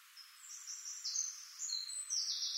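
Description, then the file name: Eurasian blackcap song: a run of clear, high, flutey whistles, some sustained, rising and falling in loudness across nearly three seconds. "Sylvia atricapilla"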